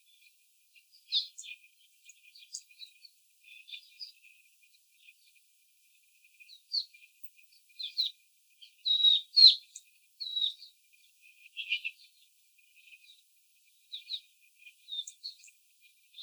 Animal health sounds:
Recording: young laying hens in a cage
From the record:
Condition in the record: after the stressor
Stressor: simulated dog barking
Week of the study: 4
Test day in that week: 2

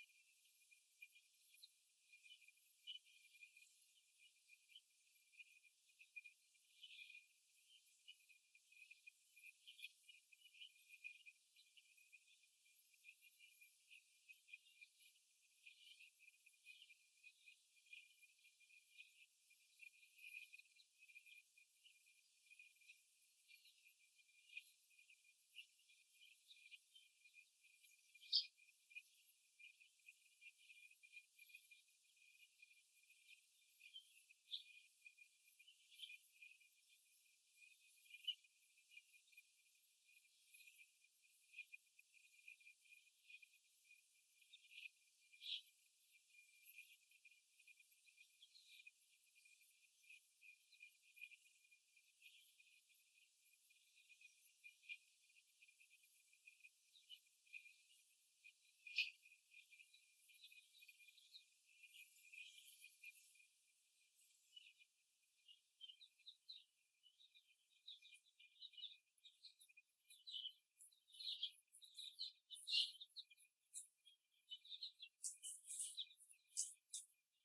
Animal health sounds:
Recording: young laying hens in a cage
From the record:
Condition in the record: after the stressor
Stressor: simulated dog barking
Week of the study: 1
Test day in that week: 2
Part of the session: 2

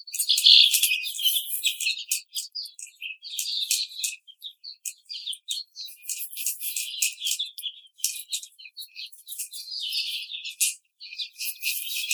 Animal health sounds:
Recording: young laying hens in a cage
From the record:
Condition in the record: treatment cage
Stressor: simulated dog barking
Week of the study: 5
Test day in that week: 1

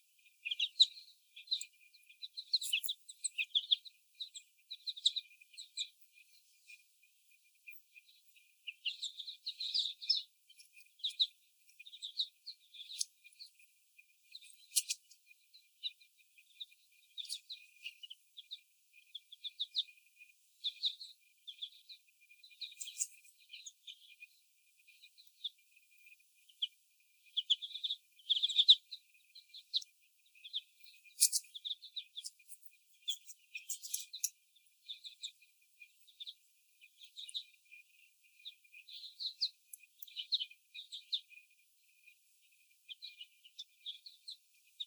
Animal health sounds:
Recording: young laying hens in a cage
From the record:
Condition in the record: before the stressor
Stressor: sudden umbrella opening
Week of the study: 1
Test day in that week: 1

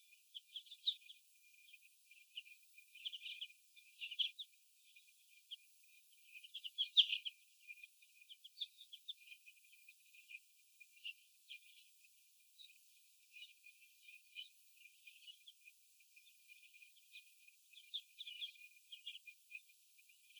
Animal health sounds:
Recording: young laying hens in a cage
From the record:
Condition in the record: before the stressor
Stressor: sudden umbrella opening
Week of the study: 2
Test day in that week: 1

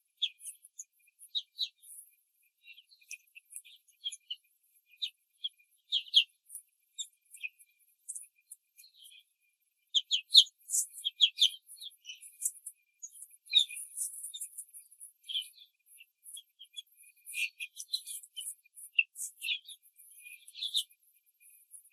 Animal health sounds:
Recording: young laying hens in a cage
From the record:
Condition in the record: control cage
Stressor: none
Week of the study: 5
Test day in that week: 1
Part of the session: 2

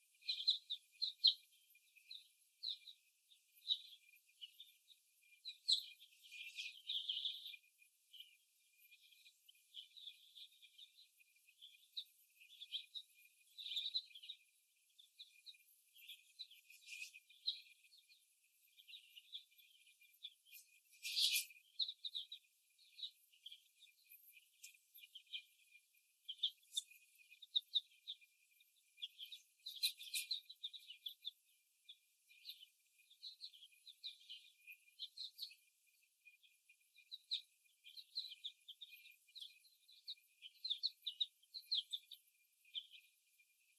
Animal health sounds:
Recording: young laying hens in a cage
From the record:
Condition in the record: before the stressor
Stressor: simulated dog barking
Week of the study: 1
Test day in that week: 1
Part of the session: 3

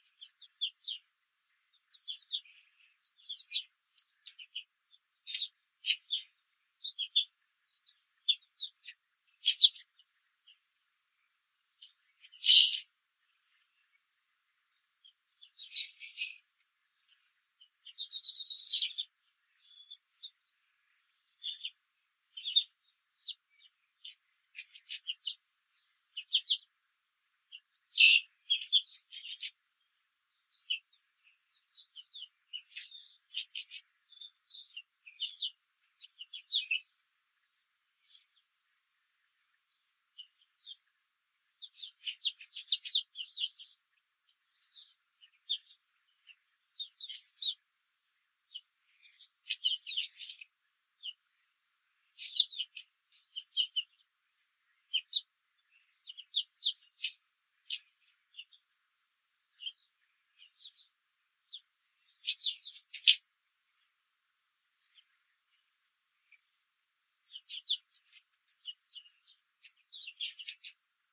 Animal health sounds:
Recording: young laying hens in a cage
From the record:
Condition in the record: control cage, after the stress test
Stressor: none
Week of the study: 4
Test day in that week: 1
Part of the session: 2

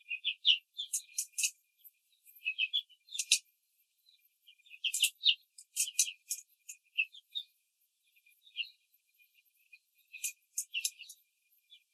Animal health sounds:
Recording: young laying hens in a cage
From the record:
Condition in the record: control cage, before the stress test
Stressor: none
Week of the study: 4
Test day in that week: 3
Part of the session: 1

